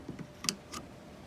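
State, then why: Not seated. A screwdriver pushes the rear tailgate latch and actuator assembly on a Mercedes ML350 W164 SUV closed to force it to lock. Faint ticks sound near 0.1 and 0.2 seconds, a sharp tick at 0.5 seconds and a softer one at 0.8 seconds, with none of the usual actuator latching sound. The latch does not stay in place, so nothing has caught or locked yet.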